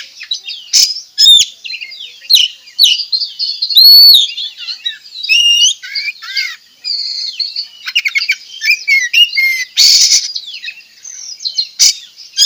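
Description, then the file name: Oriental magpie-robin pouring out a long, continuous varied song of swooping whistles, chirps and trills, broken by several short harsh rasps. From Tretes; singing actively. "Tembakan Kacer Tretes Gacor"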